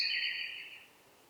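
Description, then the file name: Eurasian blackbird: a high, drawn-out note that fades away, then quiet. "Turdus merula"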